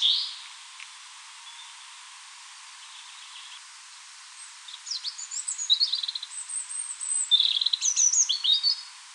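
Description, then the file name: European robin song: a quiet opening, then thin, high, varied phrases of sliding whistles and short twittering trills in the second half. "Erithacus rubecula"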